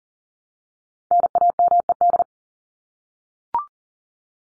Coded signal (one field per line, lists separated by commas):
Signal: Morse code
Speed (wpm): 40 wpm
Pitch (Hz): 700 Hz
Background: none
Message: NAMED